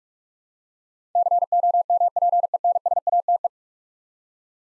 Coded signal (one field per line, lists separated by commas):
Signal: Morse code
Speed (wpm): 46 wpm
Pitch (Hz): 700 Hz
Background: none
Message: COMPENSATE